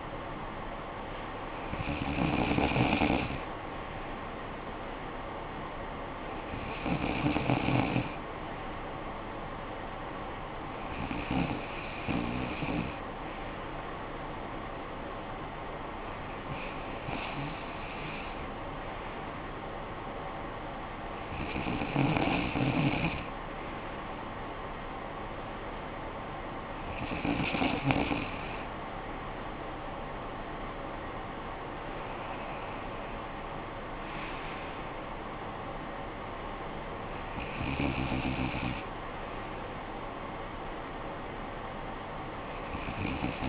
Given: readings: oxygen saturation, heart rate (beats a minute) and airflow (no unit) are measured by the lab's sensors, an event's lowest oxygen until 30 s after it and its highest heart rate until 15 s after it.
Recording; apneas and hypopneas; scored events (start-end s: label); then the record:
breathing in sleep by a voice recorder at the bedside; none
none scored
From the record:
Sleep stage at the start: N2 (light sleep); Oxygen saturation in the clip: 94 to 95%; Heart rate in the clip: 53 to 61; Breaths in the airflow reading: 8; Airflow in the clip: -12.9 to 7.5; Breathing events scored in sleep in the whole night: 445 in 7.6 hours asleep